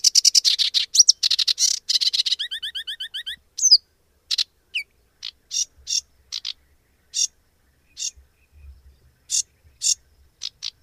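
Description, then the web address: Sedge warbler song: fast chattering runs of harsh rattling notes, a rapid trill of pure notes, upslurred whistles, then spaced scratchy bursts. "Madardalok - Foltos nádiposzáta"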